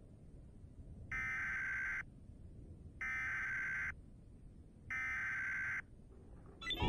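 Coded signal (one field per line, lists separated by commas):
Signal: Emergency Alert System (SAME) tones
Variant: header bursts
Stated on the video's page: Fictional simulated scenario.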